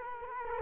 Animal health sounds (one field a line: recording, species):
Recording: mosquito wingbeat signal from an infrared sensor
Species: Culex quinquefasciatus